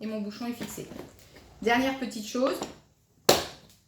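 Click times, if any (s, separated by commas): 3.3 s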